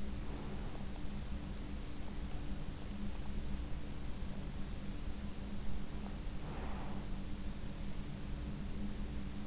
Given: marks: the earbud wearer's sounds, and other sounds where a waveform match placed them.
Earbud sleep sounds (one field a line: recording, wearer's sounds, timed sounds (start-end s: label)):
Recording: sounds in sleep by an in-ear microphone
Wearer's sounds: breath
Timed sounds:
0.00-0.85 s: breath
6.42-7.17 s: breath